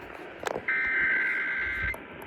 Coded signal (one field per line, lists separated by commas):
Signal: Emergency Alert System (SAME) tones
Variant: header bursts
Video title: (EAS 111) Lost 11/11/21 Child Abduction Emergency (Child found safe)